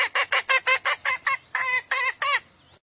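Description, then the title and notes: Junglefowl clucking calls: a rapid series of harsh harmonic notes, then a few longer notes before stopping. Female junglefowl calls used as a lure to attract junglefowl. "Pancingan Ayam Hutan Betina. Suara Ayam Hutan Betina. Pemikat Ayam Hutan"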